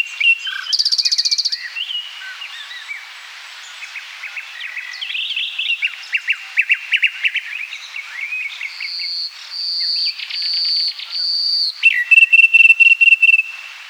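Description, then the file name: Common nightingale song: varied phrases of rich whistles, dry buzzy trills and rapid repeated clicking notes, separated by short pauses, with a sustained high whistle near the end. "Luscinia megarhynchos"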